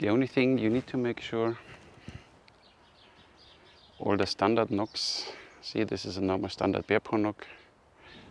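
Someone talks while a normal standard plastic arrow nock is tried on the very thin bowstring of a Grozer Assyrian composite bow, with a quiet stretch between the talking and only a faint tick at 2.5 s. The nock does not stick or click in because the string is too thin, so nothing has seated or clicked.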